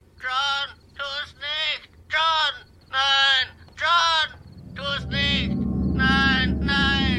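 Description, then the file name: Parrot gives a series of harsh, nasal, bleating calls, roughly one a second, some short and doubled, before a low rumbling noise rises in the background. Parrot named Wolfie. "XFactor Papagei Wolfie"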